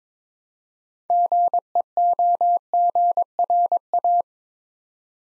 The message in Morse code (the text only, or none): GEOGRA